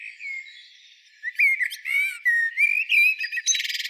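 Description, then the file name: Common blackbird song: a low fluty whistle, then a rising warble and squeaky twitters, ending in a fast buzzy rattle. "Turdus merula"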